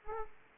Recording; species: mosquito wingbeat signal from an infrared sensor; Aedes aegypti